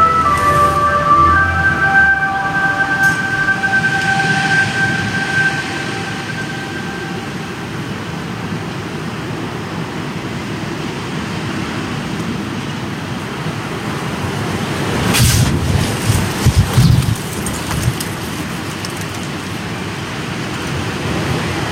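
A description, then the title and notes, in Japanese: Strong wind at the start of the rainy season roars and buffets steadily, with a dense low rumble throughout. A few sustained tones ride over it in the first seven seconds, then fade. Around fifteen to seventeen seconds a louder rushing gust surges before easing back. とある梅雨入りの強風。風のものすごく強い日がありましたね。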